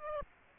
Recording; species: mosquito wingbeat signal from an infrared sensor; Aedes aegypti